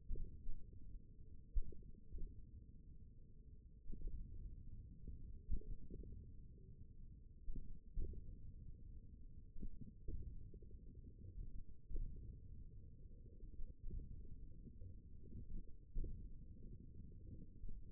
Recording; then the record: forearm muscle sounds (acoustic myography)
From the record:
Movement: hand opening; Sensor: system 1, eight BSWA MPA416 microphones around the upper forearm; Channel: 1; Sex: male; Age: 54 years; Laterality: right